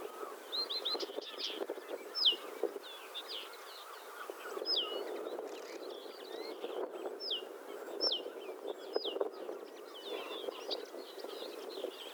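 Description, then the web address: Blyth's reed warbler song: a busy run of varied chirps, sharp clicks and brief whistles that changes constantly. A steady low background rumble is heard throughout. "Struikrietzanger graszanger-acrocephalus-dumetorum"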